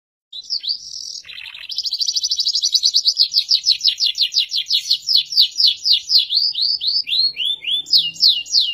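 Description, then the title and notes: Canary song, a long bright series of rapid rolling trills and repeated sweeping whistled notes, shifting pace and pitch through the phrase. Canary song used as a training recording (masteran) for pet birds. "Kicau Masteran Burung Kenari. suara burung kenary buat masteran"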